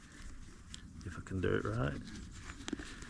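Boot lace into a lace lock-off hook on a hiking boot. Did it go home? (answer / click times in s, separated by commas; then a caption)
yes / 2.7 s. A hiking boot lace on a Salomon Quest 3 4D GTX hiking boot is pulled through a metal half lock-off hook near the top of the boot, which makes the lace harder to pull back out. Someone talks, then the lace snaps into the hook with a sharp click at 2.7 s. The lace is seated in the lock-off hook.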